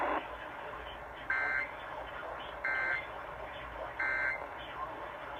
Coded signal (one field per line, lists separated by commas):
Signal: Emergency Alert System (SAME) tones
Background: speech